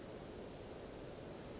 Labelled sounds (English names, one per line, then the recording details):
Western Flycatcher
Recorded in Sonoma County, California